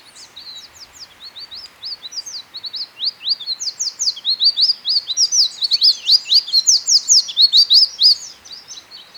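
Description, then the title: Black-crested warbler song: a fast, high-pitched run of sharp chirping notes that grows louder and busier, continuing throughout without pause. "Myiothlypis Nigrocristata"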